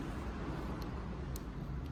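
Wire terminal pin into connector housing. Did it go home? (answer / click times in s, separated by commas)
yes / 1.4 s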